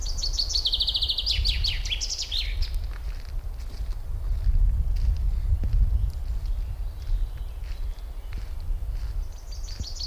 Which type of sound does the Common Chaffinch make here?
song